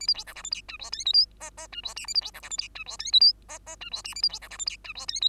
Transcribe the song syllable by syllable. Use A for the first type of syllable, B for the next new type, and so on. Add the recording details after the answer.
A B C D E F G H I J K L M M H I N A B C D E F G H I J K L M M H I N A B C D E F G H I J K. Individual Bird2